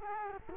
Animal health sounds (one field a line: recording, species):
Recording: mosquito wingbeat signal from an infrared sensor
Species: Culex quinquefasciatus